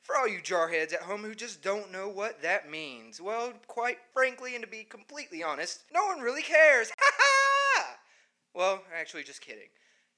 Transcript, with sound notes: For all you jar-heads at home who just don't know what that means, well, quite frankly, and to be completely honest, no one really cares! (*manically*) HAHA! Well, actually, just kidding. Mr.